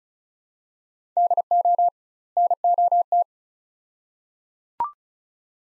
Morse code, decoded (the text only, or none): DO NOT